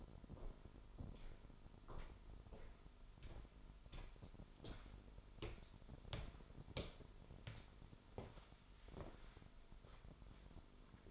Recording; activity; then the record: daily activity, microphone in the room; walk to room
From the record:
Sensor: 5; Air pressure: 988.4 hPa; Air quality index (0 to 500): 199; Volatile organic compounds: 72 ppm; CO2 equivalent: 3540 ppm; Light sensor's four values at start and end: 47/143/56/60 and 50/138/56/63